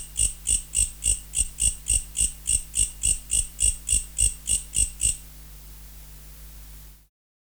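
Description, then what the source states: Mecopoda katydid producing a regular series of high rasping pulses for about five seconds, then stopping, leaving only a soft hum before silence. Recorded in November.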